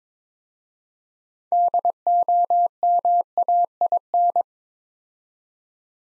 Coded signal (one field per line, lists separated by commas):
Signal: Morse code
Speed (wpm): 22 wpm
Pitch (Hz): 700 Hz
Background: none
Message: DOMAIN